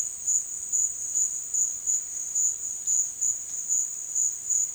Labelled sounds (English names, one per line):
none